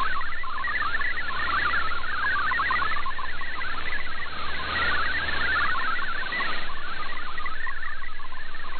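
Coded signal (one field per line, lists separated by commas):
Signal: multi-tone FSK (Olivia or MFSK type)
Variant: MFSK32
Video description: I precociously prepared to switch to MFSK64 manually, even though it was not required, as well as a switch back to MFSK32.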